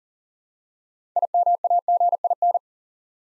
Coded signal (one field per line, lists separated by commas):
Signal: Morse code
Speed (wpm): 42 wpm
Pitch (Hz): 700 Hz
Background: none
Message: IMAGIN